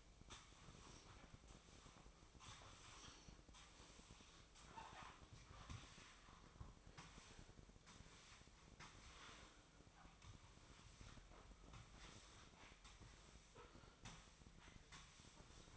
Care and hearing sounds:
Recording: daily activity, microphone in the room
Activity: sweep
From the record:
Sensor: 1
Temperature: 24.4 degrees Celsius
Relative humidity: 39.3%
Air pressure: 1003.1 hPa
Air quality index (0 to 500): 197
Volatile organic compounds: 6 ppm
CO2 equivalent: 1887 ppm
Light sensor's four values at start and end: 14/33/14/17 and 15/38/16/19

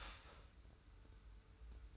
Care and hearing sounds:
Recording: daily activity, microphone in the room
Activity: start toaster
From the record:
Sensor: 2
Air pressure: 990.6 hPa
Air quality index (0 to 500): 163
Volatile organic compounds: 813 ppm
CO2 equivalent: 5141 ppm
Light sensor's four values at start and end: 27/63/26/26 and 27/63/26/26

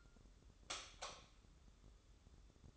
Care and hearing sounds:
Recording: daily activity, microphone in the room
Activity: light off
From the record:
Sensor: 3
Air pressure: 995.3 hPa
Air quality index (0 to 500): 83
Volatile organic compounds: 7 ppm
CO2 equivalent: 1996 ppm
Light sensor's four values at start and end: 12/31/13/12 and 9/22/9/9

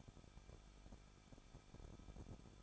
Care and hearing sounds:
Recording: daily activity, microphone in the room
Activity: no activity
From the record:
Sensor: 5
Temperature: 20.8 degrees Celsius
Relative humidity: 38.3%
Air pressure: 1006.6 hPa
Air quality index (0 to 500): 185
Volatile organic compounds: 17 ppm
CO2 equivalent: 2593 ppm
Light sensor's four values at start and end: 2/3/1/1 and 2/3/1/1

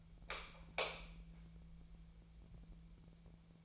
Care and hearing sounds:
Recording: daily activity, microphone in the room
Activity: light on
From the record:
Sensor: 1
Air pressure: 1000.0 hPa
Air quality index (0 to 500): 132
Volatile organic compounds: 2 ppm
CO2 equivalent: 1245 ppm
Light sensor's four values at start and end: 33/83/34/42 and 36/98/40/48

